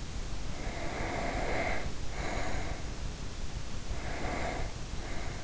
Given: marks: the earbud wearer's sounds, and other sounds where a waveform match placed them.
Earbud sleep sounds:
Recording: sounds in sleep by an in-ear microphone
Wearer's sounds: breath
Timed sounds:
0.54-2.84 s: breath
3.85-5.44 s: breath

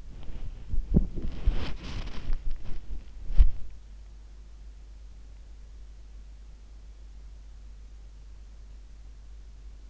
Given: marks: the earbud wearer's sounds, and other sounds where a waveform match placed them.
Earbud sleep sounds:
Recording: sounds in sleep by an in-ear microphone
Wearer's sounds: body movement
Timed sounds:
0.00-3.74 s: body movement

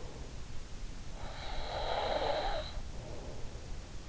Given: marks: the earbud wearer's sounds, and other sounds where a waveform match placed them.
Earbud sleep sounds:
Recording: sounds in sleep by an in-ear microphone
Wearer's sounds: breath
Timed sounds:
1.28-3.45 s: breath

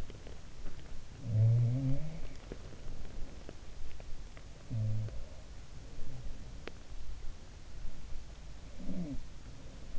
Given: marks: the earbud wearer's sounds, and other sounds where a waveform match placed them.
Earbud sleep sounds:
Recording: sounds in sleep by an in-ear microphone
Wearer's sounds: teeth grinding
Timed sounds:
0.00-0.75 s: teeth grinding
0.86-2.03 s: sound from someone else or the room
2.43-4.10 s: teeth grinding
4.36-5.45 s: sound from someone else or the room
6.55-6.80 s: teeth grinding
8.69-9.33 s: sound from someone else or the room

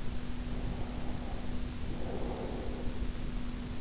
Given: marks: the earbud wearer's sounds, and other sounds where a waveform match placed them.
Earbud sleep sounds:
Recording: sounds in sleep by an in-ear microphone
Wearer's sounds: breath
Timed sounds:
0.40-3.21 s: breath

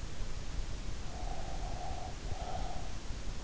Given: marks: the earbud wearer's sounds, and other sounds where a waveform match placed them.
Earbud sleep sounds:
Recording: sounds in sleep by an in-ear microphone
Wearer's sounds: breath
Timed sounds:
0.55-3.17 s: breath

